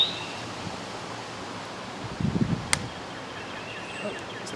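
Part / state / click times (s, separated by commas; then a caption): drip tape connector plug into hole in irrigation mainline tubing / seated / 2.7 s. A plastic drip-irrigation connector plug is pushed into a punched hole in the poly mainline tubing, with steady outdoor background noise and a burst of low rustling just before. It seats with a sharp, bright snap at 2.7 s.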